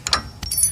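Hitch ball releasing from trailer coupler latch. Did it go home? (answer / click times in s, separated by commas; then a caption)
released / 0.1 s, 0.4 s. A GENY snap-latch trailer coupler is opened so the hitch ball can drop out, giving sharp metal clicks at 0.1, 0.1 and 0.4 seconds as it unlatches, followed by a brief higher ringing. The ball is released from the coupler and the lock resets.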